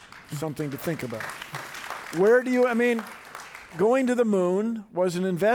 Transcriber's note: applause